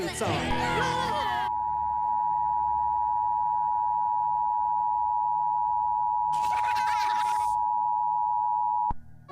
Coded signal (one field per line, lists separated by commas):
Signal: Emergency Alert System (SAME) tones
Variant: 853 and 960 Hz attention tone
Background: speech